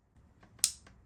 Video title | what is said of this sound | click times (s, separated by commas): Seat Arona coil pack replacement | you hear that click, you need that. | 0.6 s